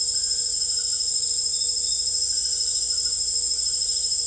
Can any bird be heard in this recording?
no